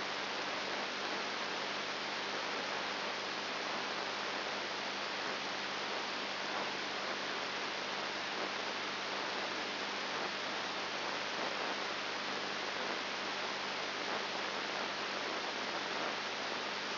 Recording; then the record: brain microelectrode recording played as sound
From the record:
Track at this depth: inside the subthalamic nucleus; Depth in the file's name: 2.702 mm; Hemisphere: left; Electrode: 3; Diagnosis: Parkinson's disease